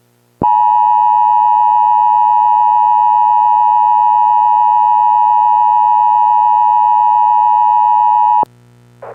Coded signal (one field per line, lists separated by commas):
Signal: Emergency Alert System (SAME) tones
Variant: 853 and 960 Hz attention tone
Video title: EAS Scenario #12 - School's Out / Tri-State Weather Disaster